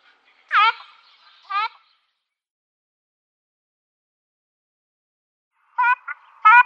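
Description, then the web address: Ruddy shelduck calls: two nasal honks at the start, a long silent gap, then a few more honks near the end. "Schulze Peter Ruddy Shelduck"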